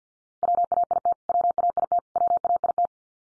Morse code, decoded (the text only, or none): WAIT WAIT WAIT